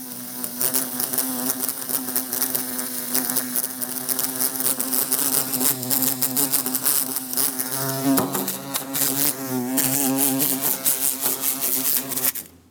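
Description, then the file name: Bumblebee buzzing continuously, with rapid knocks throughout, before the buzz stops at the end. Trying to escape through a closed window. "Bumblebee trying to escape thru closed window"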